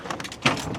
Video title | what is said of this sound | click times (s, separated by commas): Ultimate Overland Setup? Milwaukee Packout + Electric Cooking In a Bronco! | and it locks into place. | 0.5 s